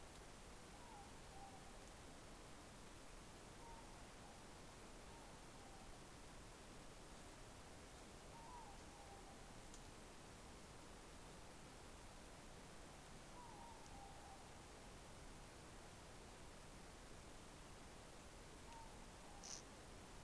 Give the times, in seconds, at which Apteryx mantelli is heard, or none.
none